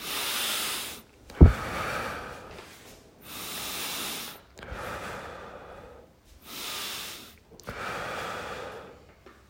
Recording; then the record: deep breathing after running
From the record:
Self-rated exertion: very light exertion (1 of 6); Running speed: 6 miles an hour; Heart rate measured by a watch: 81 beats a minute at the start, 79 at the end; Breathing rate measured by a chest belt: 12 breaths a minute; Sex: male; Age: 23 years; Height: 172 cm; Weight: 73 kg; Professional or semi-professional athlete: no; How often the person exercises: 3 to 5 times a week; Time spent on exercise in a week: over 5 hours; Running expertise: yes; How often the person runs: 3 to 5 times a week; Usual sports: running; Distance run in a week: 40 km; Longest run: 20 km